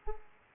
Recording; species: mosquito wingbeat signal from an infrared sensor; Aedes aegypti